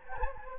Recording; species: mosquito wingbeat signal from an infrared sensor; Anopheles gambiae